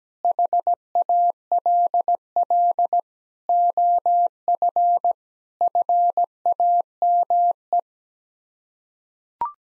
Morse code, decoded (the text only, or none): HALL OF FAME